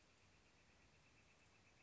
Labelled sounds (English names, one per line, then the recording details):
Northern Flicker
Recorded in Sonoma County, California